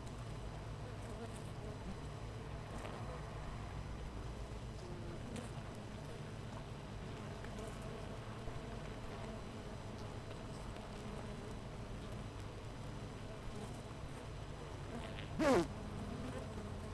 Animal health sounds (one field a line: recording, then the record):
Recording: honeybee colony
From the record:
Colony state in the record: missing queen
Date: 14 July 2017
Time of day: 8:12